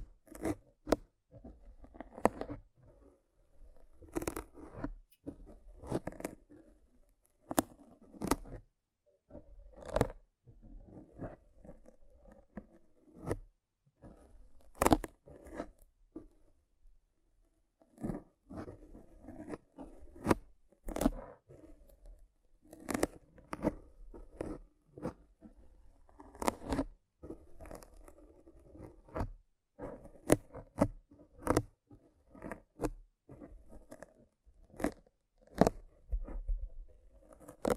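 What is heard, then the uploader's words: Rough brain cleaning and picking: wet squelches, snips and crunchy tearing sounds come in irregular bursts throughout. ASMR Rough Brain Cleaning and Picking (No Talking).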